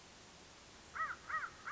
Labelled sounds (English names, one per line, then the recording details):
American Crow
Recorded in Sonoma County, California